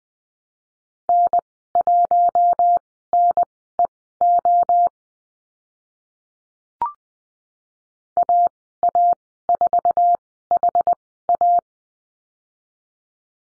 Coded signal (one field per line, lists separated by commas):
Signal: Morse code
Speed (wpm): 20 wpm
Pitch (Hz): 700 Hz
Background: none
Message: N1NEO AA4HA